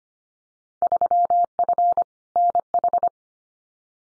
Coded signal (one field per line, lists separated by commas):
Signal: Morse code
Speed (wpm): 25 wpm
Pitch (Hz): 700 Hz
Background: none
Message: 3F NH